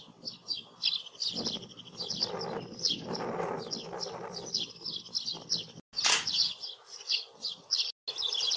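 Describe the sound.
Tree sparrow chirping in quick, high repeated notes throughout, with a low rustling wash in the middle and a sharp burst near six seconds.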